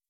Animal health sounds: hydrophone in a shrimp aquaculture tank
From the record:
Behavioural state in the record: weakened

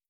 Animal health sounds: hydrophone in a shrimp aquaculture tank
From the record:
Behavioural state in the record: feeding

